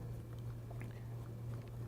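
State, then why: Not seated. The plastic sensor retainer of an RKI GX-2001 portable gas detector is placed and lined up over the replaced sensors in the housing before being pushed home. Only soft handling sounds are heard over a steady low hum, with faint ticks at about 0.7, 0.8 and 1.5 seconds. Nothing has seated or clicked yet.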